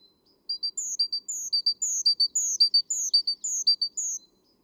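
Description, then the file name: Great tit singing a fast, steady series of repeated phrases, each of two sharp lower notes and a high sliding whistle, in a quiet background. "Parus major"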